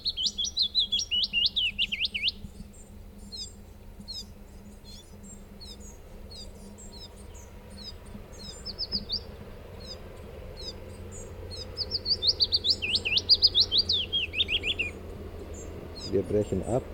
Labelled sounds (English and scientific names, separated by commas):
Willow Warbler (Phylloscopus trochilus)